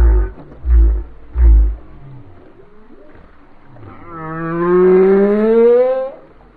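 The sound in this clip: Whale song opening with three deep booming pulses in quick succession, followed after a pause by a long, rising, harmonic-rich moan.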